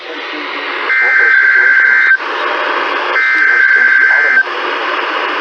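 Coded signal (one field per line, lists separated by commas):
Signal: Emergency Alert System (SAME) tones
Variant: header bursts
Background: speech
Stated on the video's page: Required Weekly Tests received in March 2020.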